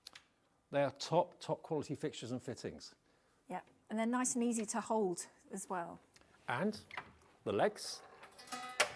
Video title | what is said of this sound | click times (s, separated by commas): 13/03/2025 - HobbyMaker's 3rd Birthday! IndigoBlu, Paper Dienamics, Hunkydory & Storage4Crafts | sprung loaded they lock into place and you've then got | 8.8 s